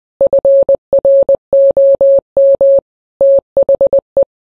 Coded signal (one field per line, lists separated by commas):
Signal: Morse code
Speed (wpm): 20 wpm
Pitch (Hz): 550 Hz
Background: none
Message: FROM THE